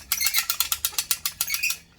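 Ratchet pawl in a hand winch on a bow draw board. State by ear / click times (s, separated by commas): seated / 0.1 s, 0.5 s, 0.6 s, 0.7 s, 0.9 s, 1.1 s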